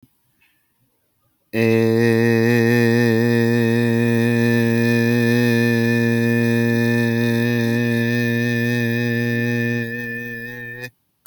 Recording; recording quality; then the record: sustained vowel as in beet; excellent, no background noise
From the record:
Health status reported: respiratory illness, not identified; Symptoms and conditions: cough, fever, pneumonia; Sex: male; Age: 39 years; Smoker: yes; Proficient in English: yes